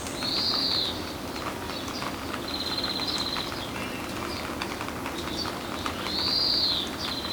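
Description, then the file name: European greenfinch calls: two arched, rising-then-falling high notes about six seconds apart, with a short dry buzzing trill between them over steady background noise. "Chloris chloris"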